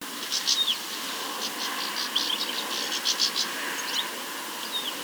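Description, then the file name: European goldfinch calls: bright, twittering high chirps in short clusters over a steady hiss of background noise. "Carduelis carduelis"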